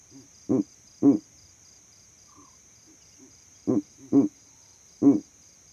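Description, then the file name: Owl hooting in paired low, throaty notes, two pairs separated by a pause and then a single hoot, with softer low notes in between and a constant faint high hiss. Owl calls at night. "Elijah Wagner - Calming Owl Calls at Night Pt 9"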